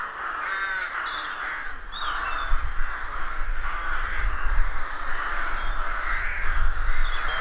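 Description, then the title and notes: Rooks cawing in a dense, overlapping chorus of harsh calls, continuous throughout, with higher thin bird notes above and a low rumble underneath. Rook colony of more than 300 birds nesting in a dozen roadside trees, rural County Armagh, early spring; pairs greeting and squabbling with neighbours as first chicks hatch. "Sound Escape 113: Enjoy the stirring cacophony of a rook colony. deeply rural County Armagh. It's early spring and the rooks rule the woodlands. BBC Countryfile Magazine"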